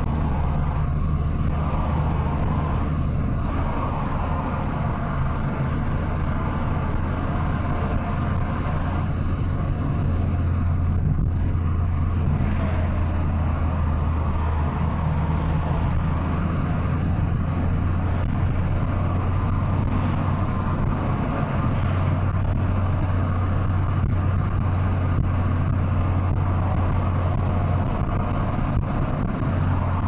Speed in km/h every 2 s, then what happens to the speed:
89, 92, 91, 97, 97, 97, 93, 91, 96, 102, 107, 106, 104, 104, 105.
0-7 speeds up to 97. 7-14 slows to 91. 14-19 speeds up to 107. 19-30 steady at about 105.